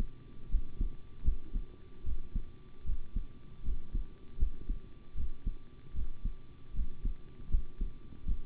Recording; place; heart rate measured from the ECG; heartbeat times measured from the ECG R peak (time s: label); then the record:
heart sounds by stethoscope; between the tricuspid and mitral areas; 77 bpm
0.49 s: heartbeat
1.23 s: heartbeat
2.04 s: heartbeat
2.84 s: heartbeat
3.63 s: heartbeat
4.37 s: heartbeat
5.15 s: heartbeat
5.94 s: heartbeat
6.73 s: heartbeat
7.49 s: heartbeat
8.25 s: heartbeat
From the record:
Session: rest, sitting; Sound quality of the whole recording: good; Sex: male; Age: 25 years